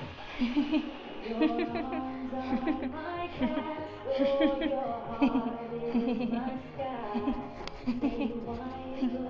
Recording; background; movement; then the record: laughter; music; sitting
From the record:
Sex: female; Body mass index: 22.6 kg/m2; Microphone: on the chest, facing outward